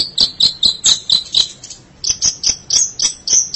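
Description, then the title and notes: Long-tailed Shrike song with rapid, rhythmic high scratchy notes, shifting to a slightly higher series halfway through. "Suara burung pentet"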